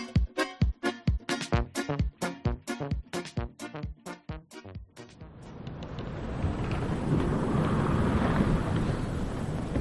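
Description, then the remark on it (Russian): A quick run of sharp, evenly spaced knocks gives way to a steady, loud rush of a strong following wind buffeting a boat's sail as it enters the bay of Hiimkii, a broad roaring gust that holds to the end without voices. “Я слегка поежился не столько от сильного попутного ветра, весело дующего в наш парус”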